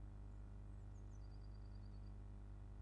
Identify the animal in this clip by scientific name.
Cyanistes caeruleus